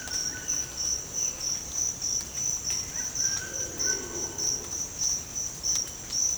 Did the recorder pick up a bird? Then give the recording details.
no. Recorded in dense forest near Puerto Asís, Putumayo, Colombia, on 22 December 2024 at 07:00. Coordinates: 0.481, -76.323. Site G100